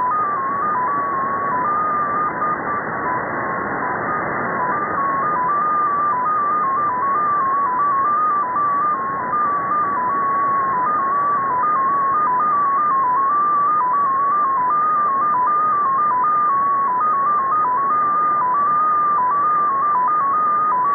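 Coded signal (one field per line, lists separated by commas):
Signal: multi-tone FSK (Olivia or MFSK type)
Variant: XPA2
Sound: a single steady tone hopping between several nearby pitches every fraction of a second, over hiss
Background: radio static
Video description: 10.921Mhz USB Russian Data Station XPA2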